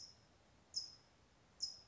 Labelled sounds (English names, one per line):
California Towhee